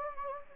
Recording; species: mosquito wingbeat signal from an infrared sensor; Anopheles gambiae